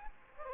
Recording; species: mosquito wingbeat signal from an infrared sensor; Aedes aegypti